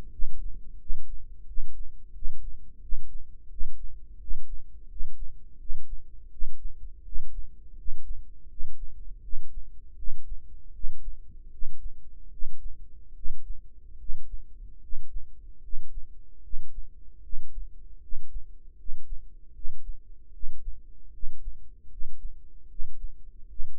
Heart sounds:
heart sounds by microphone in the right ear; 80 bpm
0.11 s: heartbeat
0.79 s: heartbeat
1.46 s: heartbeat
2.13 s: heartbeat
2.81 s: heartbeat
3.49 s: heartbeat
4.19 s: heartbeat
4.88 s: heartbeat
5.58 s: heartbeat
6.30 s: heartbeat
7.04 s: heartbeat
7.76 s: heartbeat
8.48 s: heartbeat
9.21 s: heartbeat
9.96 s: heartbeat
10.72 s: heartbeat
11.50 s: heartbeat
12.30 s: heartbeat
13.13 s: heartbeat
13.97 s: heartbeat
14.80 s: heartbeat
15.61 s: heartbeat
16.41 s: heartbeat
17.21 s: heartbeat
18.00 s: heartbeat
18.76 s: heartbeat
19.52 s: heartbeat
20.31 s: heartbeat
21.11 s: heartbeat
21.88 s: heartbeat
22.67 s: heartbeat
23.47 s: heartbeat
From the record:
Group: healthy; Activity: cold pressor test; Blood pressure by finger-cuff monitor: 121/76 mmHg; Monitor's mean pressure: 85 mmHg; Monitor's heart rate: 77 bpm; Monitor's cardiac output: 6.5 L/min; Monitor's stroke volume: 84 mL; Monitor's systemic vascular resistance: 900 dyn s/cm5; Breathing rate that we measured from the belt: 18 breaths a minute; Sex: male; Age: 35 years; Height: 180 cm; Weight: 86.9 kg

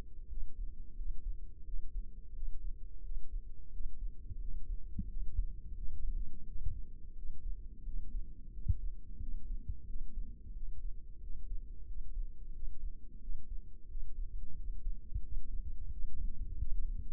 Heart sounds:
heart sounds by microphone in the left ear; 88 bpm
0.30 s: heartbeat
0.98 s: heartbeat
1.67 s: heartbeat
2.35 s: heartbeat
3.04 s: heartbeat
3.73 s: heartbeat
4.41 s: heartbeat
5.10 s: heartbeat
5.79 s: heartbeat
6.48 s: heartbeat
7.17 s: heartbeat
7.86 s: heartbeat
8.54 s: heartbeat
9.21 s: heartbeat
9.88 s: heartbeat
10.55 s: heartbeat
11.22 s: heartbeat
11.88 s: heartbeat
12.55 s: heartbeat
13.22 s: heartbeat
13.90 s: heartbeat
14.57 s: heartbeat
15.24 s: heartbeat
15.92 s: heartbeat
16.59 s: heartbeat
From the record:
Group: healthy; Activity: rest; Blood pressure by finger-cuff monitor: 153/99 mmHg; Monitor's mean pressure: 114 mmHg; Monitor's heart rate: 88 bpm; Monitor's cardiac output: 6.8 L/min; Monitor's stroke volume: 77 mL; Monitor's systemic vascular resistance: 1230 dyn s/cm5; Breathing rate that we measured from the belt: 17 breaths a minute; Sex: male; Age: 21 years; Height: 175 cm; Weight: 72.6 kg

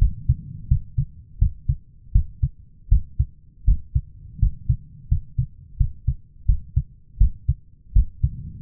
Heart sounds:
heart sounds by stethoscope; 83 bpm
0.68 s: heartbeat
1.39 s: heartbeat
2.12 s: heartbeat
2.89 s: heartbeat
3.65 s: heartbeat
4.39 s: heartbeat
5.08 s: heartbeat
5.77 s: heartbeat
6.46 s: heartbeat
7.18 s: heartbeat
7.93 s: heartbeat
From the record:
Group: healthy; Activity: rest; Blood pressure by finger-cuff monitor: 142/98 mmHg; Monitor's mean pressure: 110 mmHg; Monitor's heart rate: 85 bpm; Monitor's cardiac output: 7.2 L/min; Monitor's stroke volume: 86 mL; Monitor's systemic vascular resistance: 1140 dyn s/cm5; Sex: male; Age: 23 years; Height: 179 cm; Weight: 87 kg

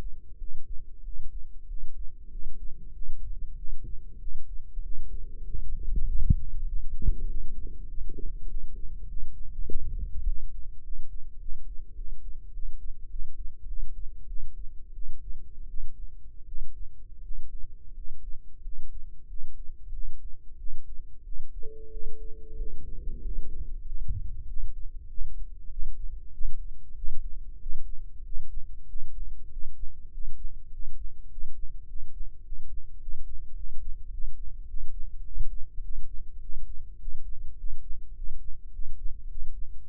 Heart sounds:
heart sounds by microphone in the left ear; 97 bpm
0.37 s: heartbeat
1.02 s: heartbeat
1.66 s: heartbeat
2.29 s: heartbeat
2.92 s: heartbeat
3.55 s: heartbeat
4.18 s: heartbeat
4.81 s: heartbeat
5.43 s: heartbeat
6.05 s: heartbeat
6.65 s: heartbeat
7.26 s: heartbeat
7.86 s: heartbeat
8.46 s: heartbeat
9.06 s: heartbeat
9.65 s: heartbeat
10.24 s: heartbeat
10.81 s: heartbeat
11.38 s: heartbeat
11.94 s: heartbeat
12.51 s: heartbeat
13.08 s: heartbeat
13.65 s: heartbeat
14.26 s: heartbeat
14.92 s: heartbeat
15.66 s: heartbeat
16.44 s: heartbeat
17.21 s: heartbeat
17.93 s: heartbeat
18.61 s: heartbeat
19.26 s: heartbeat
19.91 s: heartbeat
20.56 s: heartbeat
21.22 s: heartbeat
21.89 s: heartbeat
22.55 s: heartbeat
23.20 s: heartbeat
23.83 s: heartbeat
24.45 s: heartbeat
25.06 s: heartbeat
25.68 s: heartbeat
26.31 s: heartbeat
26.94 s: heartbeat
27.57 s: heartbeat
28.21 s: heartbeat
28.85 s: heartbeat
29.47 s: heartbeat
30.09 s: heartbeat
30.69 s: heartbeat
31.27 s: heartbeat
31.85 s: heartbeat
32.42 s: heartbeat
32.98 s: heartbeat
33.53 s: heartbeat
34.09 s: heartbeat
34.65 s: heartbeat
35.22 s: heartbeat
35.80 s: heartbeat
36.38 s: heartbeat
36.97 s: heartbeat
37.55 s: heartbeat
38.13 s: heartbeat
38.70 s: heartbeat
39.27 s: heartbeat
39.83 s: heartbeat
From the record:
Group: healthy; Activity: rest 0-23 s, Valsalva maneuver 23-40 s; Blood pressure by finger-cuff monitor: 98/69 mmHg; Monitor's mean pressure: 79 mmHg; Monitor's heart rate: 98 bpm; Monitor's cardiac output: 7.4 L/min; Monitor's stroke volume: 77 mL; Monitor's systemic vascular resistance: 770 dyn s/cm5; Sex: male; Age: 19 years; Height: 178 cm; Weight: 83 kg

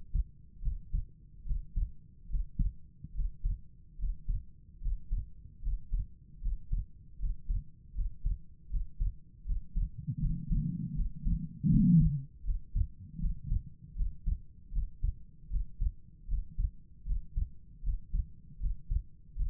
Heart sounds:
heart sounds by stethoscope; 77 bpm
0.61 s: heartbeat
1.45 s: heartbeat
2.28 s: heartbeat
3.13 s: heartbeat
3.97 s: heartbeat
4.80 s: heartbeat
5.61 s: heartbeat
6.40 s: heartbeat
7.18 s: heartbeat
7.93 s: heartbeat
8.69 s: heartbeat
9.44 s: heartbeat
10.18 s: heartbeat
10.94 s: heartbeat
11.68 s: heartbeat
12.43 s: heartbeat
13.18 s: heartbeat
13.94 s: heartbeat
14.71 s: heartbeat
15.49 s: heartbeat
16.27 s: heartbeat
17.04 s: heartbeat
17.82 s: heartbeat
18.59 s: heartbeat
19.35 s: heartbeat
From the record:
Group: healthy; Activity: rest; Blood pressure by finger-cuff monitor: 104/76 mmHg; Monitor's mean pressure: 86 mmHg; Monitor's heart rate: 78 bpm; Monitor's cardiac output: 5.5 L/min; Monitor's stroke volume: 71 mL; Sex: female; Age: 32 years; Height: 172 cm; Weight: 71.7 kg

